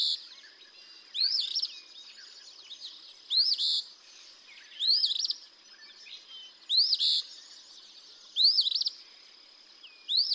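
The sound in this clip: Eastern phoebe delivering several harsh, burry two-part songs.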